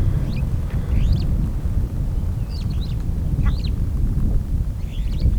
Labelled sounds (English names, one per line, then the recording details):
Superb Starling flight call
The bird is a female
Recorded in Kenya on 20 April 2009 at 08:12
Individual 36, of group DRT2